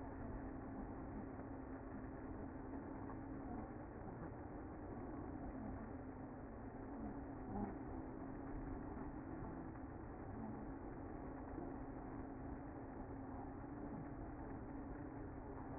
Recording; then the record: honeybee colony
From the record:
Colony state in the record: active